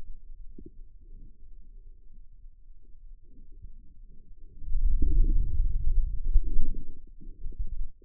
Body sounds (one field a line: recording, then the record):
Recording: forearm muscle sounds (acoustic myography)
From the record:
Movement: wrist flexion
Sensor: system 2, bracelet of six BSWA MPA416 microphones around the upper forearm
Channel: 4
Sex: male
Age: 22 years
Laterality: right